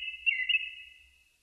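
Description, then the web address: Japanese thrush giving a single drawn-out whistled note that fades away. Recorded 4 May 2001. "2001 010504 kurotugumi"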